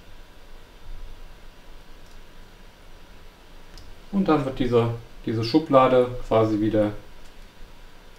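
A SIM card tray holding a Vodafone nano-SIM card (4FF), laid in contacts-down, is handled and lined up before being pushed back into an Apple iPhone 5, with a faint tick near 3.8 s. Someone talks from about 4.1 s to 7 s over a low background hiss. Nothing has seated or clicked yet.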